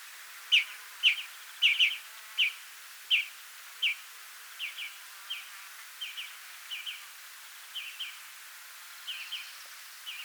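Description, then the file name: European greenfinch chirping calls, a quick series of short notes that start loud and fade over the first few seconds, then continue faint, with soft background hiss. "Chloris chloris"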